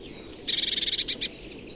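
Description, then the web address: Bird giving a short, high, buzzy trill of rapid pulsed notes lasting under a second, ending with two separate notes, over faint background hiss. "Deverinetal 2025. Bird Only"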